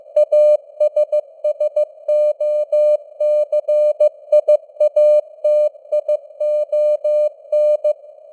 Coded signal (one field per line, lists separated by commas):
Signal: Morse code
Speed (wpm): 15 wpm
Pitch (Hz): 600 Hz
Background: none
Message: ASSOCIATION